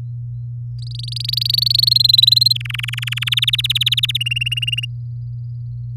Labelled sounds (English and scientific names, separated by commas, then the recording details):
Domestic Canary (Serinus canaria) song
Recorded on 4 May 2018 at 06:14
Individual llb16